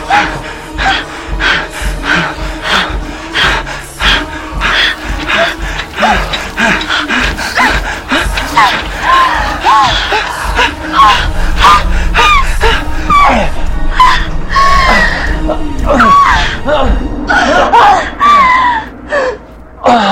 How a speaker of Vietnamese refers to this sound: Hết lần này đến lần khác, họ hưng phấn cao độ, hét ầm lên, cả căn phòng ngập tràn trong xuân tình. Ở đó chỉ có tiếng rên rỉ và tiếng thở hổn hển.